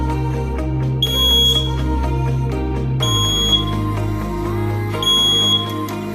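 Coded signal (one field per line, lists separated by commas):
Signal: alarm pattern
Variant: fire alarm panel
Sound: high steady beep, under a second long, repeating every two seconds; three beeps heard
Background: low hum and clicks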